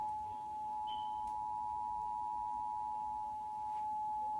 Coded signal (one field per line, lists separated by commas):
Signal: Emergency Alert System (SAME) tones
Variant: 853 and 960 Hz attention tone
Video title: (SUPER RARE DOUBLE-HEADER ON TV!!!! AND FROM THE NWS) EAS MONTHLY TEST FROM KMTR/NWS!! EAS #9 & #10